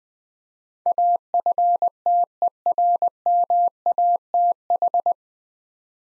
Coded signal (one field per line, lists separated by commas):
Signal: Morse code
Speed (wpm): 20 wpm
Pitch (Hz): 700 Hz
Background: none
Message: AFTERMATH